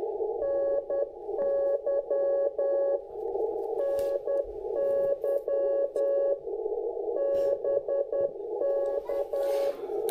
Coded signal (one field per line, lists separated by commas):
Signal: Morse code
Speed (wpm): 10 wpm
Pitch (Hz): 1110 Hz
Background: none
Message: NY NY BK